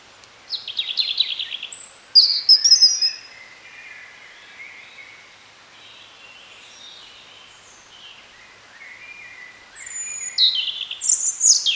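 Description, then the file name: European robin song: bursts of high, descending trills and thin whistles, a quieter soft warble in the middle, then another bright, high phrase. "Erithacus rubecula"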